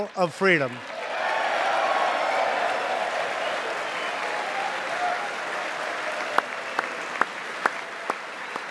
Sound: applause

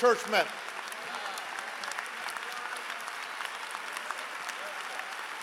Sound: applause

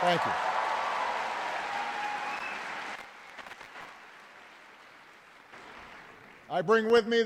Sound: applause

